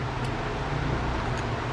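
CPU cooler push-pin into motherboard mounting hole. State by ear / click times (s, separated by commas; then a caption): not seated / none. A CPU cooler with a plastic push-pin is handled over its motherboard mounting hole on a ZEB H110 motherboard, with steady broadband noise throughout and no distinct click. Nothing has seated or clicked yet.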